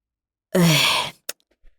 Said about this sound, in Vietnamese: Bà y tá già đang trong cơn ngái ngủ bị giật dậy, vươn vai ngáp một chập, rồi gắt gỏng.